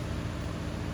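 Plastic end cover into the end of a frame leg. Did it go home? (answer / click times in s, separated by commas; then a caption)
no / none. A plastic end cover is being pressed into the end of a metal leg on a DS-100 drum sorter frame. A steady, even broadband noise with a low hum runs throughout, with no sharp hits. Nothing has seated or clicked into place yet.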